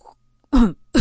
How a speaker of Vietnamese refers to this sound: Hắn ho khan một cái, giọng nói vang lên bên tai.